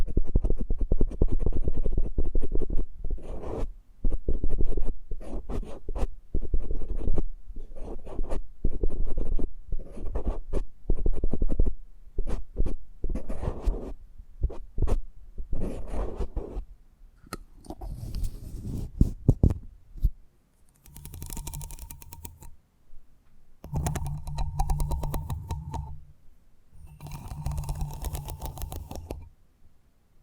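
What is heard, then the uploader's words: Eardrum massage sounds: dense, rubbing, scratchy strokes with a deep muffled thump fill the first fifteen seconds, broken by brief gaps. After that the touches thin out into softer, airier brushing, and three bursts of hissy rubbing with a low hum come near the end. ASMR Intimate Eardrum Massage.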